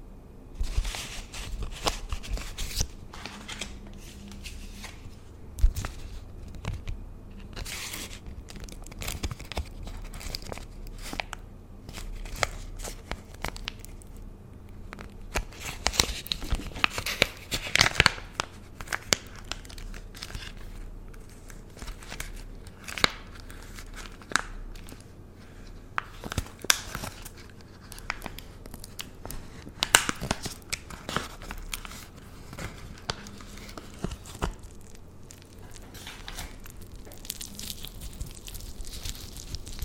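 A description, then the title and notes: Layered tingly sounds for skin and hair pampering: a dense, steady stream of crisp crinkles, taps and snipping-like clicks runs the whole way, with sharper bright bursts around 6, 18, 26 and 30 seconds. A soft low hum sits underneath throughout. ASMR Pampering Your Skin & Hair for Fall Layered Sounds Tingly Sounds For Sleep( No Talking ).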